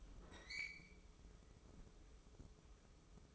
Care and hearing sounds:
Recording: daily activity, microphone in the room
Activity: open fridge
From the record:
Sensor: 1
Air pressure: 995.3 hPa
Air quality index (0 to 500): 25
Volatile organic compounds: 1 ppm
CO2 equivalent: 506 ppm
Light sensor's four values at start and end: 18/59/22/23 and 18/59/22/24

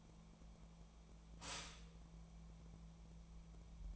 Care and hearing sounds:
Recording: daily activity, microphone in the room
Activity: stop toaster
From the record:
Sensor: 1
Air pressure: 1000.3 hPa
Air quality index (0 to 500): 157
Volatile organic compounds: 3 ppm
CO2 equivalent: 1469 ppm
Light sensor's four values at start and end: 24/61/25/30 and 23/58/24/29

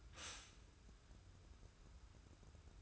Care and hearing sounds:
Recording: daily activity, microphone in the room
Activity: stop toaster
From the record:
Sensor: 2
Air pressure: 994.3 hPa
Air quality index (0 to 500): 205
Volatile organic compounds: 1000 ppm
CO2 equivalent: 6746 ppm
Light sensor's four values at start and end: 136/325/137/143 and 126/299/126/129

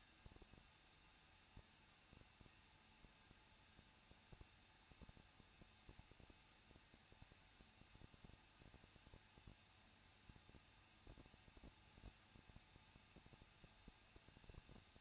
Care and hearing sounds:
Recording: daily activity, microphone in the room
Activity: no activity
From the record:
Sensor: 2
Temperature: 21.0 degrees Celsius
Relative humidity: 37.6%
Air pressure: 1006.2 hPa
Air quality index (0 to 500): 223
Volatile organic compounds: 25 ppm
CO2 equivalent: 2839 ppm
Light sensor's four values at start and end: 2/3/2/2 and 2/3/2/2

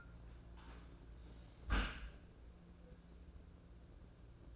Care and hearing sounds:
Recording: daily activity, microphone in the room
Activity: close dishwasher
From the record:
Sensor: 2

